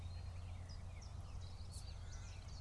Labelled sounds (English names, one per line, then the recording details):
Common Chiffchaff
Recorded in Germany
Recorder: ecoPi